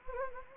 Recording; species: mosquito wingbeat signal from an infrared sensor; Anopheles gambiae